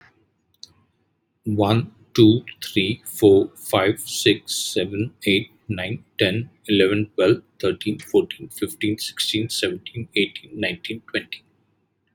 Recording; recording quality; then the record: counting at a normal pace; excellent, no background noise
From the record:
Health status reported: healthy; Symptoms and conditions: hypertension, diabetes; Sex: male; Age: 63 years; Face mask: not worn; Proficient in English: yes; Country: India